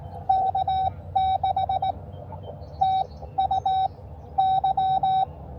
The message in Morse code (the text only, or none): K6TUY